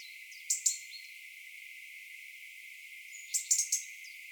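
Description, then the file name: European robin tick calls in short bursts, a pair at the start and a fast cluster near the end, with faint thin whistles between. "Erithacus rubecula"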